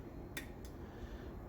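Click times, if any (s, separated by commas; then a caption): 0.4 s. A metal locking pin on the back gear of a metal lathe headstock is pulled out to set up the back gear. It releases with a sharp metallic click at 0.4 s, followed by a fainter tick, over a steady low hum.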